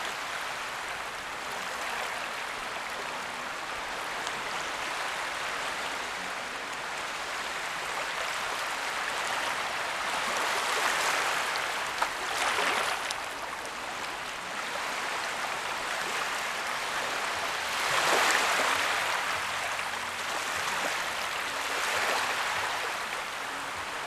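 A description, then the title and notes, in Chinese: Ocean waves recorded by the sea make a steady, dense wash of hiss, mostly in the middle and upper range. The level swells gently a few times, with brighter surges around 12 and 18 seconds, but never drops out. 海浪声。落日时刻的海边。浪夹杂着泡沫与砂砾。本期大家听到的声音是我们在海边录制的白噪音，。本期录音设备：ZOOM H5。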